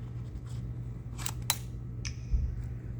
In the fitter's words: all right we're going to put the joy cons on guys let's listen for the click here